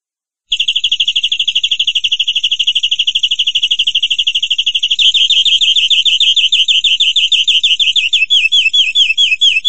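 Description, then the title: Canary song: a very rapid high trill that shifts after several seconds into slower, louder, downslurred repeated notes, continuing without a break. "Kenari"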